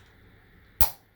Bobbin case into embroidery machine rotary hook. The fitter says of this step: install it back in and you should hear a click